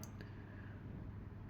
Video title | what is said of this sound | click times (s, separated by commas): Alcon Legion Phaco machine #viral#viral #doctor #legion#viralvideo | इसको घुमाने के बाद यह लॉक हो जाएगा ताकि पानी जो एयर है एयर निकल सके। | 0.0 s, 0.2 s